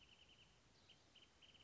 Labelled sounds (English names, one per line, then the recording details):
Wrentit
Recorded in Sonoma County, California